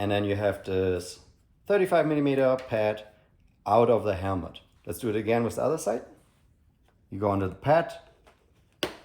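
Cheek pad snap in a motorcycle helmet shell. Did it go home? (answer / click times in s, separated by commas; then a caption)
released / 8.8 s. Someone talks while removing a 35mm cheek pad from a Shoei X15 motorcycle helmet shell, then reaches under the cheek pad on the other side and pulls its first press-stud snap loose. The snap pops off with a sharp click at 8.8 s, releasing that side of the pad.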